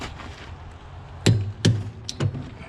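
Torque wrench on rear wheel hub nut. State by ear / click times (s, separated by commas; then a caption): torque reached / 2.1 s. A click-type torque wrench, set to about 130-134 lb-ft, is cranked on the rear wheel hub nut of a 2001-05 Honda Civic during a check for a rear wheel bearing noise. Heavy thunks come at 1.3 s and 1.7 s, and the wrench gives a short, sharp click at 2.1 s, followed by a softer knock at 2.2 s. The wrench has clicked at its setting, confirming the nut is torqued.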